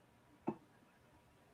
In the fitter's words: you'll hear it pop down and swivel and do all kinds of stuff